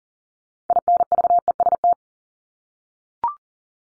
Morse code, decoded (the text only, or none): INVEST